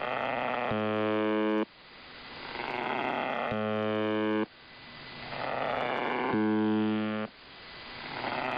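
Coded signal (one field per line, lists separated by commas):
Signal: channel marker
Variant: UVB-76 (The Buzzer)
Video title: [2023/01/15] UVB-76 奇妙なブザー音 strange buzzing sound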